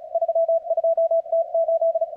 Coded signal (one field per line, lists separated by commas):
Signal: Morse code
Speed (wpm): 39 wpm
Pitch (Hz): 660 Hz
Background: radio noise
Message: 32T8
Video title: CWOPS 4TH OF JULY FUN